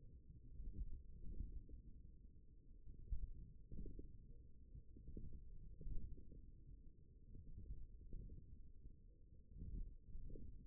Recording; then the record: forearm muscle sounds (acoustic myography)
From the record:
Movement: wrist flexion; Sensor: system 1, eight BSWA MPA416 microphones around the upper forearm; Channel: 4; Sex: male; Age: 28 years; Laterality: right